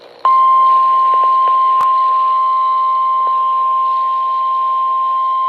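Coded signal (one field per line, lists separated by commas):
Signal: Emergency Alert System (SAME) tones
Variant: 1050 Hz attention tone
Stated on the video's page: Real Flash Flood Warning from the State College (CTP) National Weather Service office, recorded by someone else.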